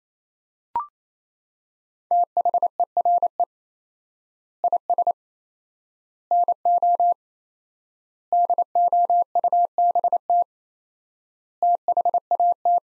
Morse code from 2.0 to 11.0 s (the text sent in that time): THERE IS NO DOUBT